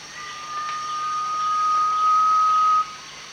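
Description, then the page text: Garnet pitta call: a single pure, even whistle lasting over two seconds, growing a little louder before stopping abruptly, against a constant high background hiss. Recorded at Danum, Borneo, on 1 April 2006. "Sound of Garnet Pitta at Danum. DANUM 20060401"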